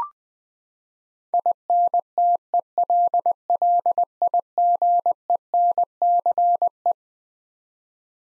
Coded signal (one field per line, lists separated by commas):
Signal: Morse code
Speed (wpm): 21 wpm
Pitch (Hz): 700 Hz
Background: none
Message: INTELLIGENCE